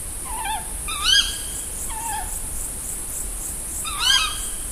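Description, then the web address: Tawny owl calls: a few short harmonic notes that rise and fall, with a steady high hiss behind. "Madardalok - Macskabagoly"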